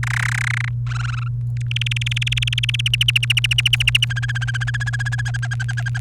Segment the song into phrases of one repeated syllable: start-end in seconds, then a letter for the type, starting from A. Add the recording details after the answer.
0.03-0.69 A, 0.87-1.28 B, 1.57-2.81 C, 2.86-4.05 D, 4.10-5.21 E, 5.25-5.98 F. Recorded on 29 April 2018 at 17:47. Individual llb3